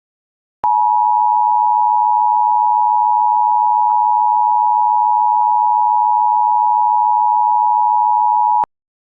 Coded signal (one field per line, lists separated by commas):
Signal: Emergency Alert System (SAME) tones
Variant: 853 and 960 Hz attention tone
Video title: EAS mock - Dish Network EAS test